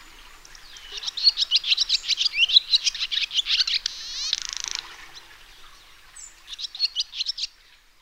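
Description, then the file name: Swallow twitter with fast, steady high chirps, a short harsh buzzy rattle near the middle, quiet, then a closing series of chirps. "golondrina"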